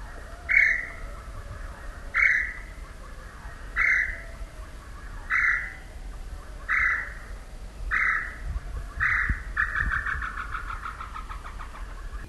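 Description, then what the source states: Tataupa Tinamou song: a series of about seven short whistled notes, roughly one and a half seconds apart, ending in a faint rapid falling run, over low background noise. Recorded in South America.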